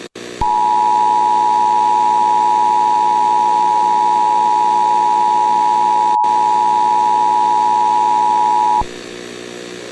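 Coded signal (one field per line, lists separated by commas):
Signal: Emergency Alert System (SAME) tones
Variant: 853 and 960 Hz attention tone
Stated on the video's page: Fictional EAS scenario, simulated alert.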